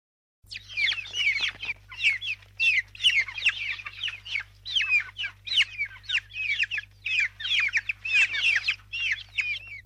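Chicks giving insistent, high, descending peeps in dense repeated bursts after a brief silence at the start, with a constant low hum underneath.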